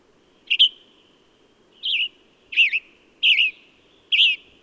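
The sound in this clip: Bird song with five quick warbled notes, high and wavering, coming about every second over a soft low hum.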